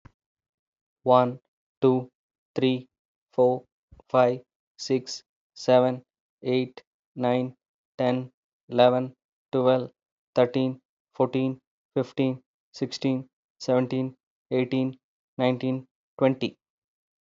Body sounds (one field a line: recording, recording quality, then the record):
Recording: counting at a normal pace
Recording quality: excellent, no background noise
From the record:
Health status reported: healthy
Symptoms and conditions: none ticked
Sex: male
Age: 44 years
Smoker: not ticked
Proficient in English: yes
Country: India